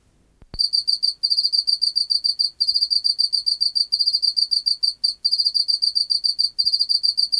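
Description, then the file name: Pacific field cricket song starts after a brief click: rapid high chirping pulses in repeated trilled phrases with short breaks between them. "Teleogryllus oceanicus"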